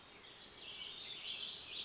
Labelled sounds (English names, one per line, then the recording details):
Warbling Vireo
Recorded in Sonoma County, California